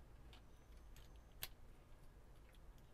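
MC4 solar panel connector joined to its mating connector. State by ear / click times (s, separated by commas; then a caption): seated / 1.4 s. A female plastic MC4 solar connector is slid onto the positive lead and pushed together with its mating connector. After a few faint rustles, a sharp click at 1.4 s marks it latching into place, and the connector is seated.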